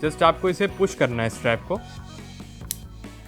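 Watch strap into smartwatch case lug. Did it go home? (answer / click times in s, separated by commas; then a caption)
yes / 2.7 s. Someone talks, then a strap with a titanium lock piece is pushed into the lug of a Samsung Galaxy Watch Ultra smartwatch case. A sharp click at 2.7 s shows the strap locking home, confirmed as seated.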